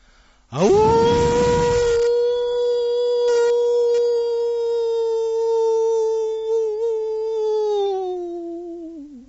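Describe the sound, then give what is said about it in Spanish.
A person, taking a turn in a group howling exercise, imitates a howl with one long, sustained tone that swoops up sharply at the start, holds a steady pitch for several seconds, then wavers and sags at the end. “Aullido.”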